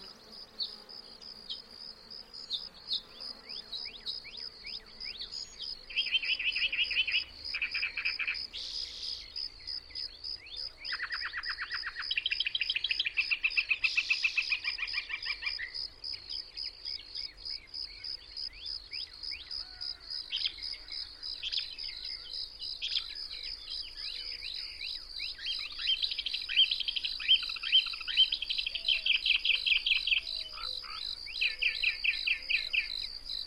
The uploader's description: the music of the Earth